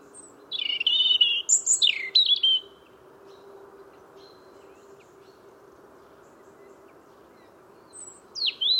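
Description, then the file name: European robin delivering wavering, slurred high phrases with abrupt pitch leaps, falling silent, then starting a new sweeping phrase at the end. "Erithacus rubecula"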